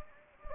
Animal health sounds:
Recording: mosquito wingbeat signal from an infrared sensor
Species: Anopheles gambiae

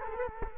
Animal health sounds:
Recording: mosquito wingbeat signal from an infrared sensor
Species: Culex quinquefasciatus

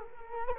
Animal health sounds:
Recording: mosquito wingbeat signal from an infrared sensor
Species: Culex quinquefasciatus

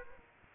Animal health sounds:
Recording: mosquito wingbeat signal from an infrared sensor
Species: Aedes aegypti

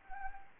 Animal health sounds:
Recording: mosquito wingbeat signal from an infrared sensor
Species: Anopheles arabiensis

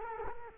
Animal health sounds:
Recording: mosquito wingbeat signal from an infrared sensor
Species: Culex quinquefasciatus

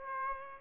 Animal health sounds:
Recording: mosquito wingbeat signal from an infrared sensor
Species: Aedes aegypti

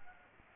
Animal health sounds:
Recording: mosquito wingbeat signal from an infrared sensor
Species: Aedes aegypti

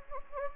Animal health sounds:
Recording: mosquito wingbeat signal from an infrared sensor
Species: Anopheles gambiae

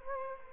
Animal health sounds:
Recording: mosquito wingbeat signal from an infrared sensor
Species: Culex quinquefasciatus

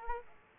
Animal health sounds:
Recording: mosquito wingbeat signal from an infrared sensor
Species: Aedes aegypti

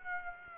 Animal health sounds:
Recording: mosquito wingbeat signal from an infrared sensor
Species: Aedes aegypti

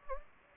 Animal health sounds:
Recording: mosquito wingbeat signal from an infrared sensor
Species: Anopheles gambiae

